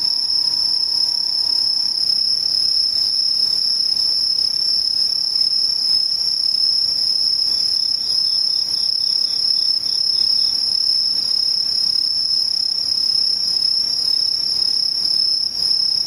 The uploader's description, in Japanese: ムシ